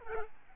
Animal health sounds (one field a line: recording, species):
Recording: mosquito wingbeat signal from an infrared sensor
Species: Aedes albopictus